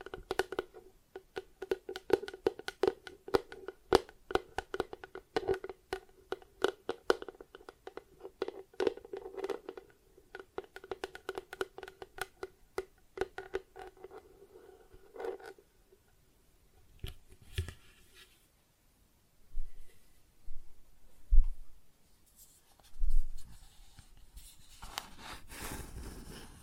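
Plastic objects are tapped in quick, dense clusters of sharp clicks for the first fifteen seconds, over a steady low hum. After that the taps thin out into scattered knocks and brief scratching bursts, ending with a louder rough scrape near the end.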